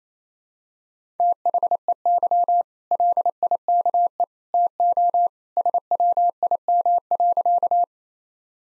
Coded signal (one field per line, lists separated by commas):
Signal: Morse code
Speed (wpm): 28 wpm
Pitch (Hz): 700 Hz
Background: none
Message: THEY LIKE TO SWIM.